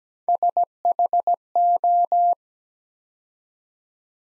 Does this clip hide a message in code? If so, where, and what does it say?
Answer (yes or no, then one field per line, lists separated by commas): yes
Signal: Morse code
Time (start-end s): 0.3-2.3 s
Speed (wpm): 17 wpm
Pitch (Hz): 700 Hz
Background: none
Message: SHO